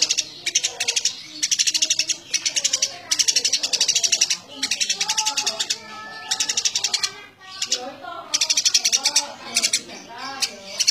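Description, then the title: Eurasian tree sparrow chattering in rapid, dense bursts of high buzzy chirps, each burst lasting about a second, with lower whistled notes underneath between bursts. Dense, rapid chattering song (gacor nyecret rapat); a training recording for cage birds. "Burung Gereja Gacor Nyecret Rapat !!! Masteran Burung Murai Batu Medan, Cucak Ijo"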